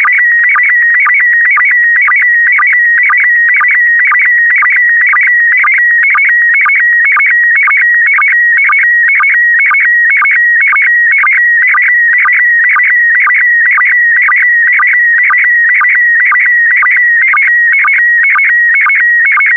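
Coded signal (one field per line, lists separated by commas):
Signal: SSTV (slow-scan television)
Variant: PD120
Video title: (05 of 12) Expedition 67 - ARISS Series 20 Women in Space - Retransmission SSTV PD120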